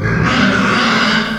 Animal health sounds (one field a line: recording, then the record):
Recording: squeal of a Yucatan mini pig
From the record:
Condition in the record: after surgery on the right vocal fold (resection and tissue-engineered implant)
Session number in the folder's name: 15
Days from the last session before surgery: 175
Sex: female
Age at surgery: 19 weeks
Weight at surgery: 25 kg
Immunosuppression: prednisolone